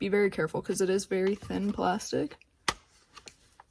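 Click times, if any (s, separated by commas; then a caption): 2.7 s. Someone talks while prying a thin plastic dash trim panel off its retaining clips around the radio of a 2012–2018 Ford Focus, to install an aftermarket CarPlay touchscreen head unit. A sharp pop at 2.7 s marks one clip releasing, followed by a few faint plastic ticks.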